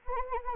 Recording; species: mosquito wingbeat signal from an infrared sensor; Anopheles arabiensis